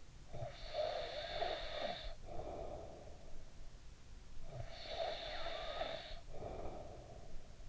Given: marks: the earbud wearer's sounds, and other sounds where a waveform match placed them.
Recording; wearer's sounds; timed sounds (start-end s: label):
sounds in sleep by an in-ear microphone; snoring breath
0.01-4.04 s: snoring breath
4.15-7.69 s: snoring breath